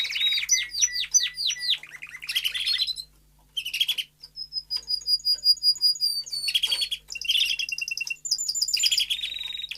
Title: Canary Training Esquente Seu Filhote E Canario Belga Em 30 Minutos Macho Cantando Muito